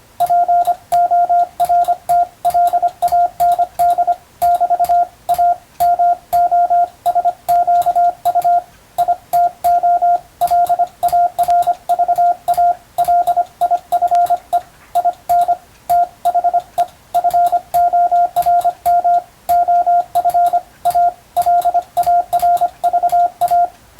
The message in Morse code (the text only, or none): PORTLAND <BT> A MOSQUITO LARVA LIFE IN THE FORM OF A LARVA